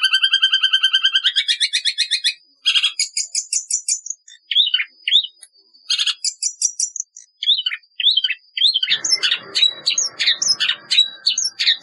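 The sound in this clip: Long-tailed shrike song opening with a fast buzzy rattle, then a jumble of high chips, squeaky twisting whistles and trills, ending over a harsh scratchy background.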